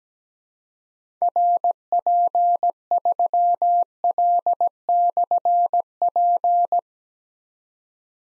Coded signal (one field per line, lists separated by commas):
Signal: Morse code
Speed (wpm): 17 wpm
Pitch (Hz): 700 Hz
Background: none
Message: RP3L/P